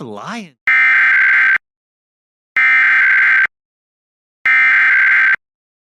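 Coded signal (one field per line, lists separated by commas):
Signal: Emergency Alert System (SAME) tones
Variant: header bursts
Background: speech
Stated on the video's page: EAS tests, mostly monthly tests or required weekly tests, relayed by various TV stations using DASDEC-II encoders unless noted otherwise.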